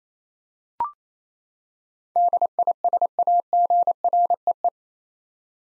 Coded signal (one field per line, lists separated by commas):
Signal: Morse code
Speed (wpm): 27 wpm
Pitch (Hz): 700 Hz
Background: none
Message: DISAGREE